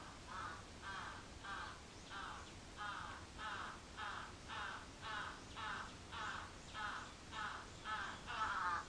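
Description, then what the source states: Crow giving a long, steady run of rough caws, roughly two per second. Recorded 14 July 2022 at 06:37.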